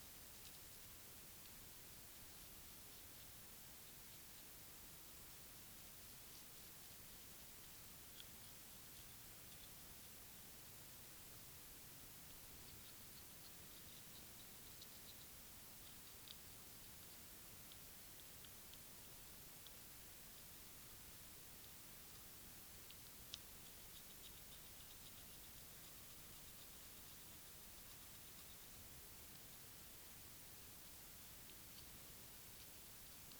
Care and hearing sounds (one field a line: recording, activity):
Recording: daily activity, guitar pickup as the sensor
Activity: brush teeth